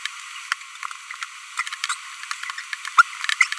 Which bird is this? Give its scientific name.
Forpus passerinus